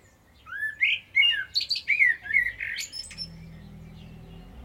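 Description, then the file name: Common blackbird singing a single phrase. Mellow rising whistles run into a rapid, thin, high twitter, followed by a faint low hum. "Turdus merula"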